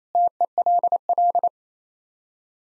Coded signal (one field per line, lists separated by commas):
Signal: Morse code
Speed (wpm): 28 wpm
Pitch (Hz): 700 Hz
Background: none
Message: TELL